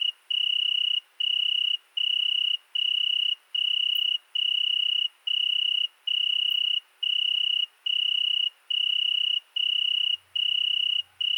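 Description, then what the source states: Italian tree cricket giving its ringing trill in regular pulses with short breaks, a faint low hum entering near the end. Single tree cricket settled for two nights in Virginia creeper under a window, recorded at night 22:30 on 13 August 2020 at Fourcinet ValMaravel with Nagra Seven and MKH40 cardioid microphone.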